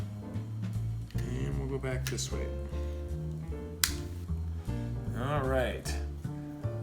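A plastic component of an Energizer Vision HD 200-lumen headlamp is handled and pushed toward its strap mount during assembly while someone talks over background music, with a brief sharp tick near 3.8 s. Nothing has seated or snapped into place yet by the end of the clip.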